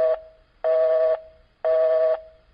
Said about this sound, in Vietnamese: Điện thoại đổ chuông rất lâu, nhưng không thấy ai nghe máy.